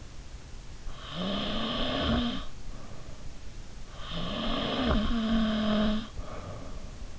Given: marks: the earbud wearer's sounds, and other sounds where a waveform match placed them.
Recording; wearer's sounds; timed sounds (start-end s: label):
sounds in sleep by an in-ear microphone; snoring breath
1.00-3.22 s: snoring breath
4.00-6.96 s: snoring breath